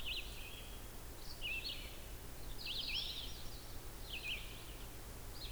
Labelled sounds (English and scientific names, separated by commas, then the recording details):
Red-eyed Vireo (Vireo olivaceus) song
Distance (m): 70 m
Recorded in boreal forest in Alberta, Canada, on 16 June 2016 at 08:46
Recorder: SongMeter 3, array SBT-3-32
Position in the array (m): 48 m, 8 m